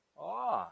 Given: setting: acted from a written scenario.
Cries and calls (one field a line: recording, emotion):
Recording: vocal sound without words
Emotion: interest